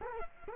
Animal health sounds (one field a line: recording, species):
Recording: mosquito wingbeat signal from an infrared sensor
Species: Culex quinquefasciatus